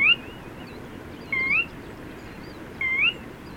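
Bird: three short rising whistles from a bird, spaced about one and a half seconds apart, with faint high warbling notes and a low background hiss.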